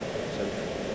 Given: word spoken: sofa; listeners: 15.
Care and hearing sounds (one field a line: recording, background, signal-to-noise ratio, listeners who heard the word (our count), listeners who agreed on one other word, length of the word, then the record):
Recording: one English word in noise, from a listening test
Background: speech-shaped noise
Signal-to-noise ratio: -6.4 dB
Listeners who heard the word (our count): 0 of 15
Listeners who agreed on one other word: 6 of 15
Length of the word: 0.55 s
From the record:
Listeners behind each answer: 6, 5, 2, 1, 1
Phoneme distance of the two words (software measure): 30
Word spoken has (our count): 2 syllables, 4 phonemes, stress on syllable 1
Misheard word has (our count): 2 syllables, 4 phonemes, stress on syllable 1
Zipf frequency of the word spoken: 4.22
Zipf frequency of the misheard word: 4.97